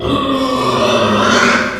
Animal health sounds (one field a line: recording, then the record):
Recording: squeal of a Yucatan mini pig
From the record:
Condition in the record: after surgery on the right vocal fold (resection and tissue-engineered implant)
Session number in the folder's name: 17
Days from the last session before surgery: 195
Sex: female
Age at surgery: 19 weeks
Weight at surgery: 25 kg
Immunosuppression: prednisolone